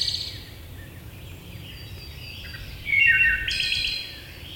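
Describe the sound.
Wood thrush song, a fluting phrase followed by a buzzy, high trill.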